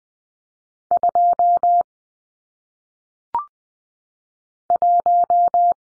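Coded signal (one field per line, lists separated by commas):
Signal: Morse code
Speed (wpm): 20 wpm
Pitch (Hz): 700 Hz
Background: none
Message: 2 1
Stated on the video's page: Morse practice drill of single-digit numbers at 20 wpm for head-copy, each sent in Morse, spoken, then sent again.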